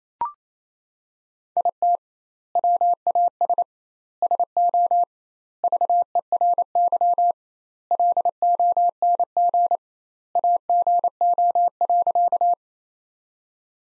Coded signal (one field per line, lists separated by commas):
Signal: Morse code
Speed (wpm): 28 wpm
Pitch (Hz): 700 Hz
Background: none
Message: IT WAS SO VERY LONG AGO.